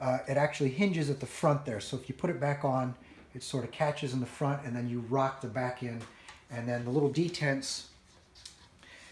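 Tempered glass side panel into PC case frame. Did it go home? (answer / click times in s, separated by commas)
yes / 8.5 s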